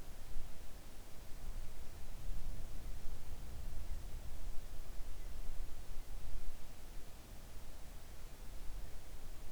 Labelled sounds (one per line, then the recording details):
near silence
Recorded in the Arctic National Wildlife Refuge, Alaska, on 3 August 2019 at 05:12
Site 41